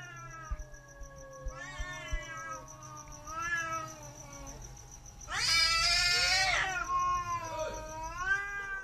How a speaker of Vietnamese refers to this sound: Cho đến khi có một con mèo khác chạy đến, hai con mèo bắt đầu gầm gừ nhau, kêu lên những tiếng ngoào ngoào, nghe cứ như trẻ con khóc, sợ lắm.